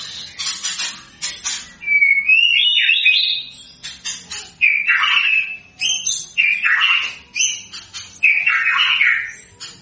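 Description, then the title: White-rumped shama song beginning with harsh clicking bursts, then rich, looping whistled phrases delivered in steady succession with brief gaps. Lure recording of a white-rumped shama singing vigorously, meant to provoke an immediate response. "PANCINGAN MURAI BATU GACOR, LANGSUNG RESPON"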